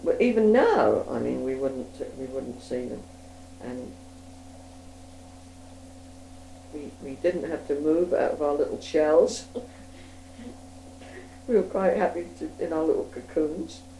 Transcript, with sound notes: Even now, I mean we wouldn't, we wouldn't see them. We didn't have to move out of our little shells. [laughs] We were quite happy in our little cocoons.